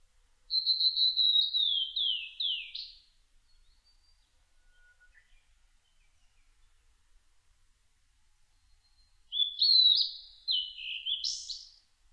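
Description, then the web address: Blue-and-white flycatcher song: two phrases of clear whistled notes separated by a long quiet pause, the first slurring downward, the second ending in higher notes. Recorded 1 July 2006. "2006 060701 ooruri"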